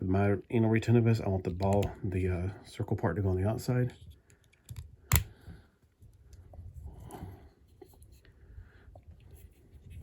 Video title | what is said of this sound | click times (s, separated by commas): Transformers Tuesday! Blokees Series 2 Figure 2 Optimus Prime (IDW Shattered Glass) | guess it already snapped in I mean I heard it snap but I was like man did it snap that easily | 5.2 s